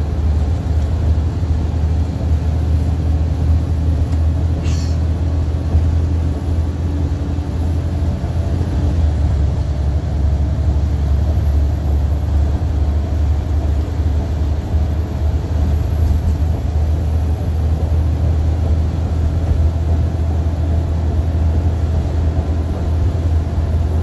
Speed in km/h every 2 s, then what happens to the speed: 76, 81, 84, 81, 85, 89, 93, 92, 95, 97, 98, 98.
0-12 speeds up to 93. 12-24 steady at about 95.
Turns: none.